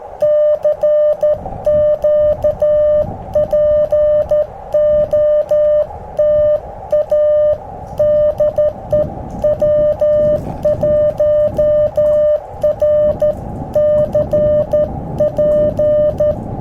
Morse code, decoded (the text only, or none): CQ POTA DE W1RCP